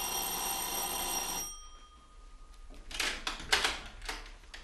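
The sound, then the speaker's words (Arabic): A doorbell at Hajj Mansour's home rings with a steady, shrill electric tone for about a second and a half, then cuts off, followed by a few soft rustling, clattering bursts. “أيوة يا بيه، وبعدها بأسبوع وأنا قاعد لقيت جرس الباب بيضرب.”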